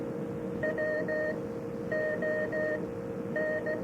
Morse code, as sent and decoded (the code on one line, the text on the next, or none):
.-- --- -.
WON